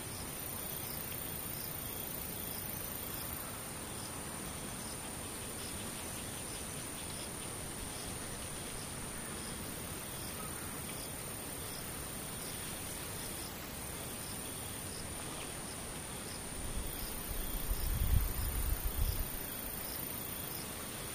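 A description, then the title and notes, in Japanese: Near silence with insects chirping in the distance. Faint, regular ticking chirps sit over a steady hush and a thin high whine that runs throughout. Around seconds 17 to 19 a soft low rumble swells briefly, then fades. 無音遠くにムシ。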